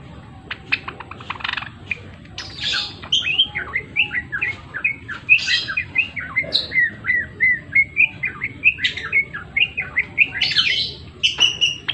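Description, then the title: Java sparrow song opening with dry clicks, then building into a rapid, rhythmic series of tinkling chirps that slide downward, ending in higher ringing notes; soft hum underneath. Actively singing (gacor). "Gelatik Belong Jawa Gacor"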